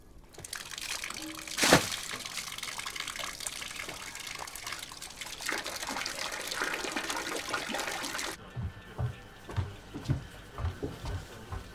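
Water being carried out of a house splashes and pours in a steady rushing stream with a sharp splash near the start, then cuts off abruptly, leaving a few soft thuds and drips.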